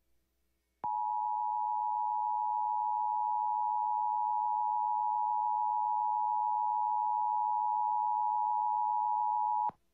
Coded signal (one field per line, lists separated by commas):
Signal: Emergency Alert System (SAME) tones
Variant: 853 and 960 Hz attention tone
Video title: You're a Mean One, Mr Colorado (EAS #14345-14361) 12/19-20/23